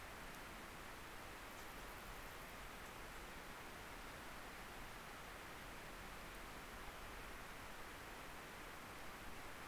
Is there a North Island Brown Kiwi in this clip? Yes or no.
no